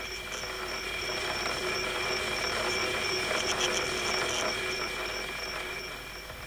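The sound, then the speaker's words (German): An automatic telegraph machine runs steadily, its mechanism making a dense, rapid clatter of clicks over a continuous mechanical whir with faint high whining tones, holding a constant level throughout. “Der automatische Telegraph macht Geräusche.”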